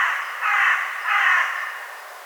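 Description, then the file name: Carrion crow with two drawn-out, harsh caws, the second trailing off into a raspy tail. "Corvus corone"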